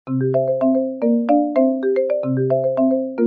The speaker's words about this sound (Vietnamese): Lúc này điện thoại bỗng vang lên.